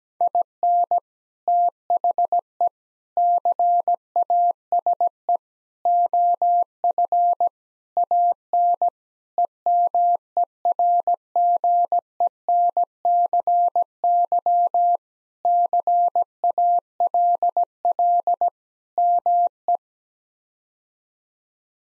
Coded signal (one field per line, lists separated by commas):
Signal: Morse code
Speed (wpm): 17 wpm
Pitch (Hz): 700 Hz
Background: none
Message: IN THE CASE OF AN EMERGENCY CALL ME